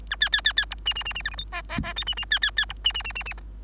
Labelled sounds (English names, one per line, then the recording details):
Bengalese Finch song
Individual Bird3